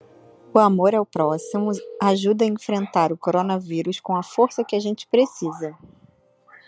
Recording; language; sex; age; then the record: spoken sentence; Brazilian Portuguese; female; 30 to 39 years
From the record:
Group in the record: control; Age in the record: 32 years